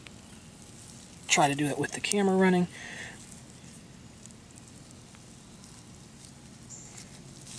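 A plastic male-to-male drip irrigation connector is handled by hand at a hose or rain barrel fitting, about to be pushed in, while someone talks briefly near the start. Faint handling ticks and low background hiss follow. Nothing has seated or clicked yet.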